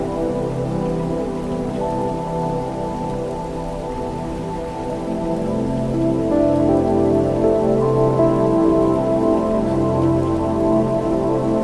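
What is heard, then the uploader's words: Steady rain patters softly beneath slow, mellow music of low sustained chords that shift gently and swell a little fuller halfway through. The raindrops gently tapping against the huge windows. Relaxing music, piano, rain sounds and nature sounds.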